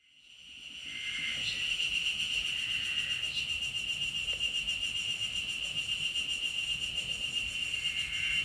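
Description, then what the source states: Ezo spring cicada chorus: a steady, high, continuous shrill buzz with a fast pulsing texture, rising in from silence and holding throughout. Played again for listeners; in Kanagawa, Japan, appears above about 1000 m, emerging late May to early June; heard as a sign that summer mountain season has arrived.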